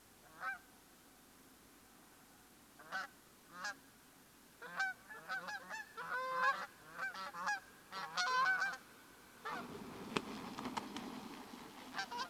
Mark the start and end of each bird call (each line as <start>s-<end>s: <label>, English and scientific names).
0.37s-0.61s: Canada Goose (Branta canadensis)
2.77s-3.13s: Canada Goose (Branta canadensis)
3.45s-3.74s: Canada Goose (Branta canadensis)
4.61s-7.61s: Canada Goose (Branta canadensis)
7.90s-8.79s: Canada Goose (Branta canadensis)
9.45s-9.63s: Canada Goose (Branta canadensis)
11.96s-12.28s: Canada Goose (Branta canadensis)